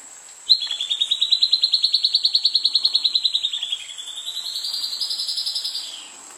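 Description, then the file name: Silvered antbird song: a long, fast trill of even notes that holds steady, dips briefly, then climbs slightly higher before fading, over a constant high insect-like whine. "canto do papa formiga do igarape"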